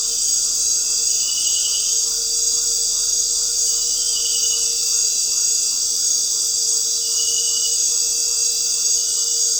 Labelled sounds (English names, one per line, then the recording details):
none
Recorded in dense forest near Puerto Asís, Putumayo, Colombia, on 4 March 2025 at 19:00
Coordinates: 0.467, -76.328
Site G041